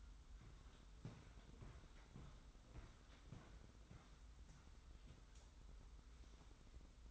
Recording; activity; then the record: daily activity, microphone in the room; walk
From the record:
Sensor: 3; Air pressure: 990.6 hPa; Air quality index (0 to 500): 170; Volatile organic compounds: 1000 ppm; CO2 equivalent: 5496 ppm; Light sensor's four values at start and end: 40/94/38/36 and 41/96/39/37